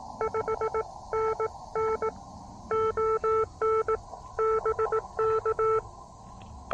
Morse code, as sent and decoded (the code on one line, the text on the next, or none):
..... -. -. / --- -. / -... -.-
5NN ON BK